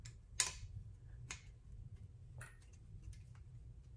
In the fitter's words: you'll hear like a satisfying little click when it goes in just like that